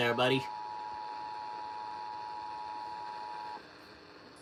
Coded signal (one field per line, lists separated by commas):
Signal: Emergency Alert System (SAME) tones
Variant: 853 and 960 Hz attention tone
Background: speech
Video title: LAST ONE OF 2023… | Required Monthly Test on WBUZ 102.9 FM (EAS #80)